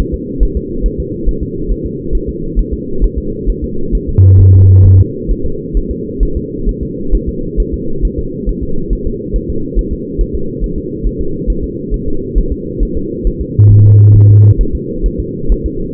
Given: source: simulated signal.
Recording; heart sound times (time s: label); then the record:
fetal heart sounds
0.14 s: S2
0.43 s: S1
0.57 s: S2
0.86 s: S1
1.00 s: S2
1.28 s: S1
1.43 s: S2
1.71 s: S1
1.86 s: S2
2.15 s: S1
2.29 s: S2
2.59 s: S1
2.74 s: S2
3.04 s: S1
3.18 s: S2
3.50 s: S1
3.64 s: S2
3.95 s: S1
4.09 s: S2
4.40 s: S1
4.55 s: S2
4.86 s: S1
5.00 s: S2
5.31 s: S1
5.46 s: S2
5.77 s: S1
5.91 s: S2
6.23 s: S1
6.37 s: S2
6.69 s: S1
6.83 s: S2
7.15 s: S1
7.29 s: S2
7.60 s: S1
7.74 s: S2
8.05 s: S1
8.19 s: S2
8.49 s: S1
8.63 s: S2
8.93 s: S1
9.07 s: S2
9.36 s: S1
9.50 s: S2
9.79 s: S1
9.93 s: S2
10.21 s: S1
10.35 s: S2
10.64 s: S1
10.78 s: S2
11.07 s: S1
11.21 s: S2
11.50 s: S1
11.64 s: S2
11.94 s: S1
12.08 s: S2
12.38 s: S1
12.52 s: S2
12.83 s: S1
12.97 s: S2
13.27 s: S1
13.41 s: S2
13.72 s: S1
13.86 s: S2
14.16 s: S1
14.30 s: S2
14.61 s: S1
14.75 s: S2
15.06 s: S1
15.20 s: S2
15.52 s: S1
15.66 s: S2
From the record:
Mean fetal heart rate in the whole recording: 135 bpm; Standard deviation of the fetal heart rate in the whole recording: 3 bpm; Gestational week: 36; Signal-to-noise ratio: -8.1 dB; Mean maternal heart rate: 72 bpm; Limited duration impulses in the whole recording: present